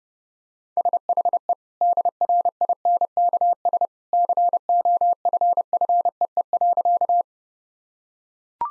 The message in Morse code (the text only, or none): SHE DRINKS COFFEE.